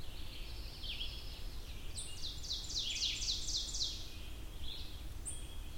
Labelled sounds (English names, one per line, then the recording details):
Ovenbird song
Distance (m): 45 m
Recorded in boreal forest in Alberta, Canada, on 22 June 2016 at 05:40
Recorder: SongMeter 3, array SBT-6-76
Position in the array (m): 150 m, 110 m
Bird 3